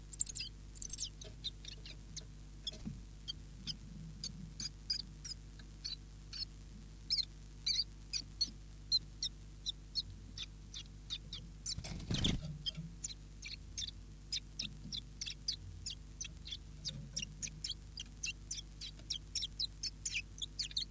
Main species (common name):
Common Chiffchaff